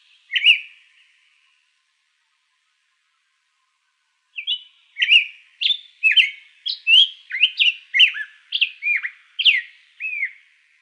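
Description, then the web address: Hepatic tanager gives a single note, pauses, then delivers a long run of many sweet, slurred notes. Recorded in Arizona on 1 February 2006. "Tanagers HETA 060201"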